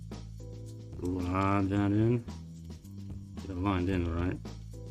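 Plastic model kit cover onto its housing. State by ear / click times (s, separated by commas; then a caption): not seated / none. A plastic model kit cover is closed back up and lined in against its housing while someone talks over background music. The cover is handled but not yet pressed home, so nothing has seated or clicked yet.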